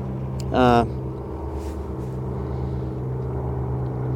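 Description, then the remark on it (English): A float plane flying overhead by the sea, its engine humming as a low, steady droning rumble throughout, interrupted near the start by a brief, loud, high-pitched call with a rising harmonic tone. “There's now a float plane going by.”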